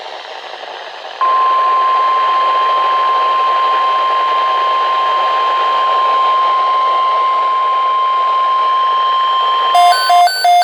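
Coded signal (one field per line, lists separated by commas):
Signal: Emergency Alert System (SAME) tones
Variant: 1050 Hz attention tone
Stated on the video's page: Severe thunderstorm watch SAME tones from NOAA Weather Radio transmitter serving Dallas/Fort Worth.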